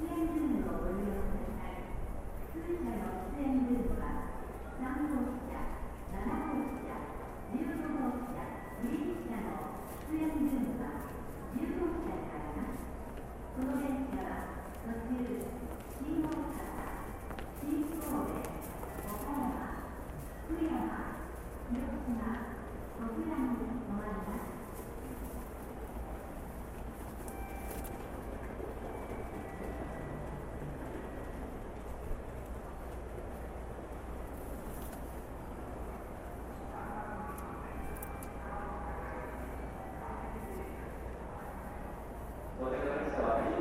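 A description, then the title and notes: Japanese train station ambience with people talking throughout, voices clustered densely in the first half and thinning after about 25 seconds. A steady low hum runs underneath, with occasional clicks and clatter, and a brighter voice returns near the end. TRAIN STATION IN JAPAN AMBIENCE.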